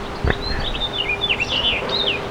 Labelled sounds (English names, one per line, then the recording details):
House Finch song
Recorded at Glen Cove on Long Island, New York, on 14 June 2013
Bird D